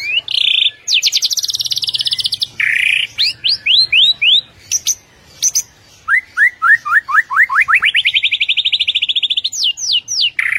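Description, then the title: White-rumped shama song, fast and varied: buzzy bursts, runs of rising whistled notes, then a long rapid rolling trill ending in sharp slurred whistles. Training track of rolling song with sharp piercing notes, the ngerol and nembak song styles. "Masteran Murai Batu Full Ngerol Nembak"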